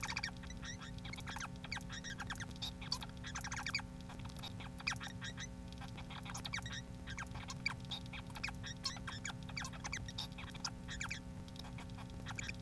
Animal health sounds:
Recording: song of a male Bengalese finch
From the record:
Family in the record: son of father 4

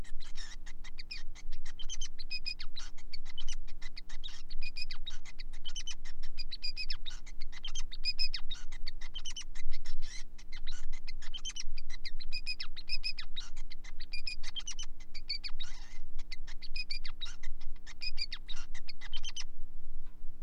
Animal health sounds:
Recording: song of a male Bengalese finch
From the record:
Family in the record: son of father 5

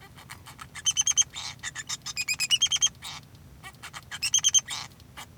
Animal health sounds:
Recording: song of a male Bengalese finch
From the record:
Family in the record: son of father 2

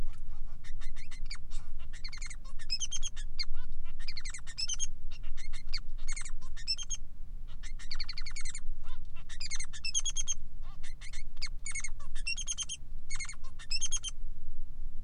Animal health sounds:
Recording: song of a male Bengalese finch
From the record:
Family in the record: son of father 3

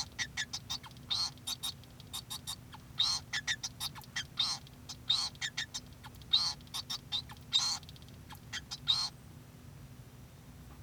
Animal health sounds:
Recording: song of a male Bengalese finch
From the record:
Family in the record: son of father 2

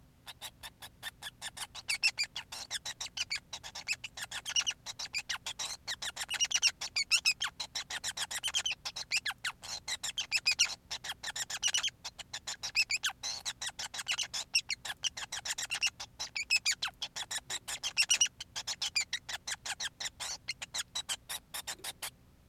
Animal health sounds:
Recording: song of a male Bengalese finch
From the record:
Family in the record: son of father 5

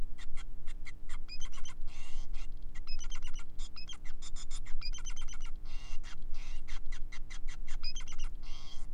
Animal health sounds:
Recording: song of a male Bengalese finch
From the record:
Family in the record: son of father 5

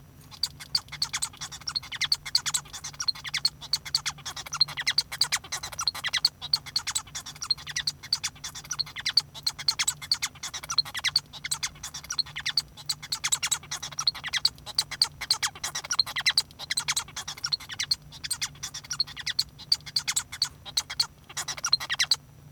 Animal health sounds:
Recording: song of a male Bengalese finch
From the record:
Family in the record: son of father 1

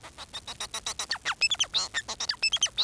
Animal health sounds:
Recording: song of a male Bengalese finch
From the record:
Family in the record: son of father 4

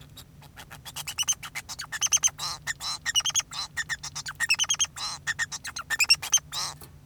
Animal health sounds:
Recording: song of a male Bengalese finch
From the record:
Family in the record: son of father 2

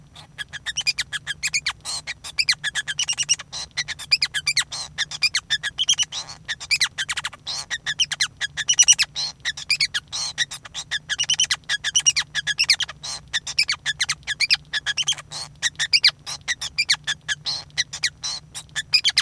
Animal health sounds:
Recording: song of a male Bengalese finch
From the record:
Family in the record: son of father 5

